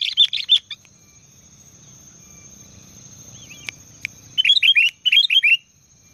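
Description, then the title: Sooty-headed bulbul song: quick liquid, bubbly phrases at the start and end, with two sharp clicks and a low rumbling hum in the quiet middle. "Kutilang"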